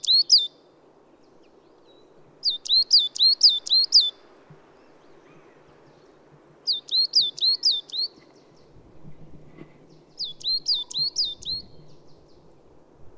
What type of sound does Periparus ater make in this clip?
song